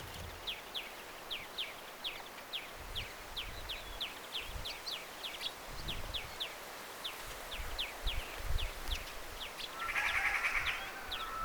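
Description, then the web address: Finch calls, brief high chirps repeated in loose runs throughout, over low rumbling background noise and a burst of noise near the end. Recorded 14 September 2024 at the edge of a threshed turnip rape field; finch sounds mixed among other sounds. "paivat 14 9 2024 puidun rypsipellon aarella mm peippolintujen aania"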